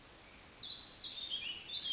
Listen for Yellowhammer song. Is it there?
no